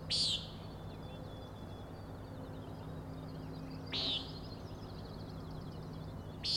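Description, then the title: Common nighthawk gives three harsh, nasal peents a few seconds apart, with faint high trills and a low hum behind them. Three birds giving peenting calls while flying closely in follow-the-leader formation, near the recordist; Overlook, Schoodic Head, Acadia National Park, Winter Harbor, Maine; 16 June 2017, 4am. "Common Nighthawks, Schoodic Head 061617 4am"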